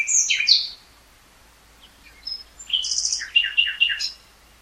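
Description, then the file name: Common nightingale song: rich phrases of whistles, buzzy notes and a rapid series of repeated chirps near the end, separated by a short pause. "Luscinia megarhynchos"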